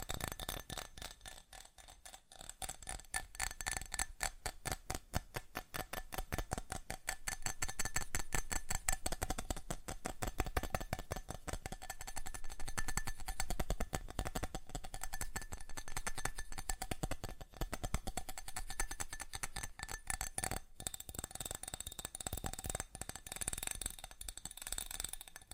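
Fast tapping in dense, rapid bursts of crisp, bright clicks, continuing steadily throughout with brief pauses around two and twenty-one seconds.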